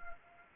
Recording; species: mosquito wingbeat signal from an infrared sensor; Anopheles arabiensis